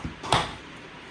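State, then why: Seated. A dishwasher door is swung up and pushed shut into its latch, giving a softer low thud and then a sharp latch click at 0.3 seconds. The click means the door is latched closed.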